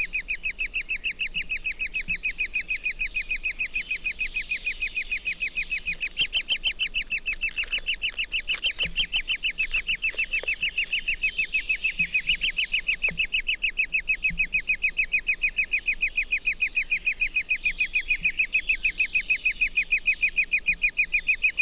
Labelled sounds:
Great Spotted Woodpecker call

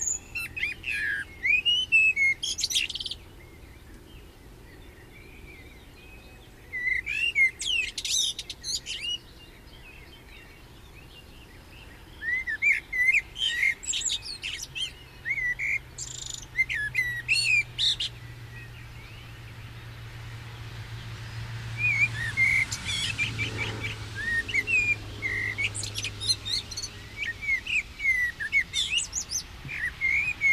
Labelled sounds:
Common Blackbird song

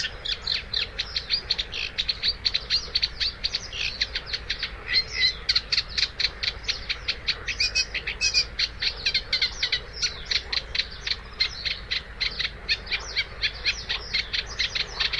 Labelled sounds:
Eurasian Reed Warbler song

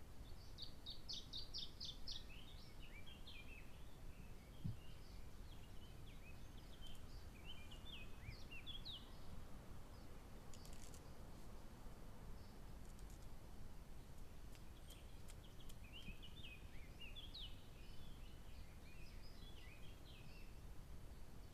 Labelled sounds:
Canary Islands Chiffchaff

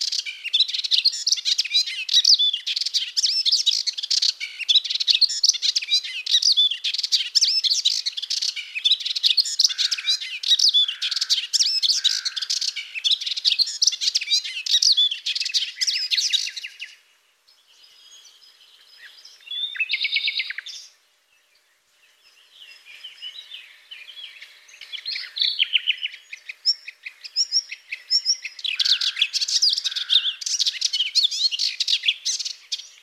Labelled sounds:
Melodious Warbler song

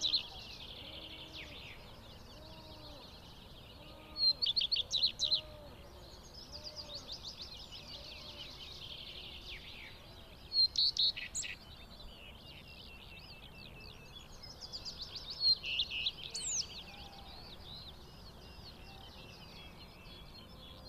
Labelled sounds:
Common Redstart song

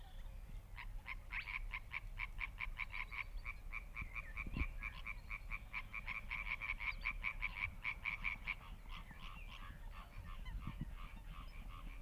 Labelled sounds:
Spotted Crake

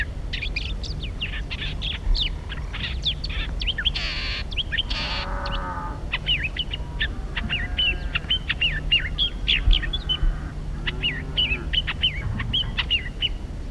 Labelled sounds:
Southern Fiscal call

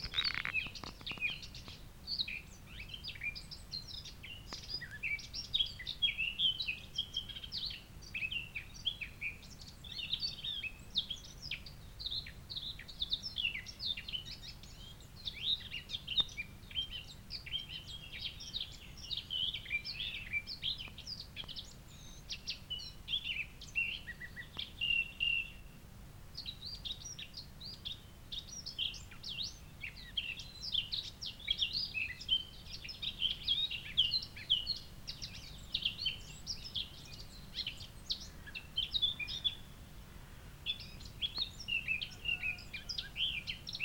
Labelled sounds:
Eurasian Blackcap song

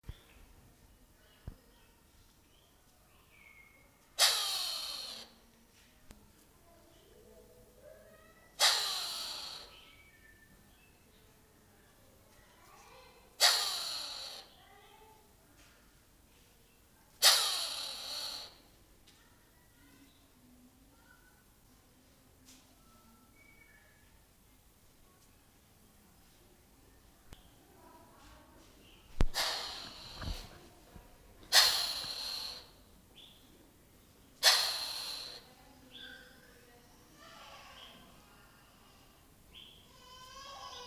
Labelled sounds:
Violet Turaco call

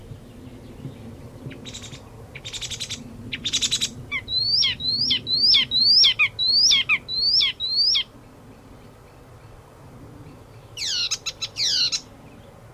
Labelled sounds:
Icterine Warbler song

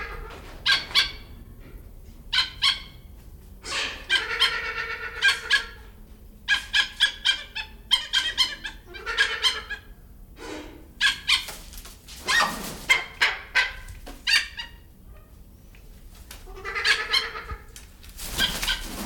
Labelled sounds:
Trumpeter Hornbill call

